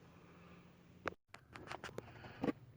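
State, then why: Seated. An electrical connector is pushed onto the A/C pressure sensor mounted in a plastic box under the hood of a 2014 Mustang with the 3.7L V6. A sharp click at 1.1 s marks the connector seating, followed by a brief silence and then several lighter taps and handling noises over a low steady hum. The connector ends up plugged in.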